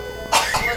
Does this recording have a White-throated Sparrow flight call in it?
no